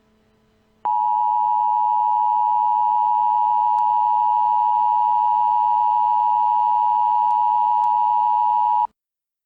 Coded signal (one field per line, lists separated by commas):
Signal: Emergency Alert System (SAME) tones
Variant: 853 and 960 Hz attention tone